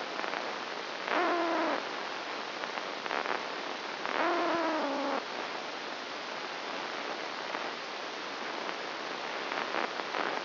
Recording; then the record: brain microelectrode recording played as sound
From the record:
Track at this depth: inside the subthalamic nucleus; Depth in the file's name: 0.956 mm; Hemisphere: left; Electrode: 1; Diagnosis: Parkinson's disease